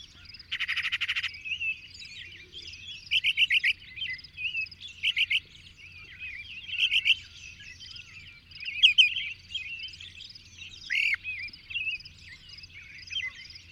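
Bird song: a buzzy rasping burst opens, then short chirped phrases follow amid busy, continuous twittering.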